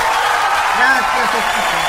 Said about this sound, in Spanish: O sea, un aplauso.